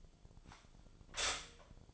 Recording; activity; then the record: daily activity, microphone in the room; stop toaster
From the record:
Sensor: 5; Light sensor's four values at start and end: 89/236/96/101 and 89/236/96/101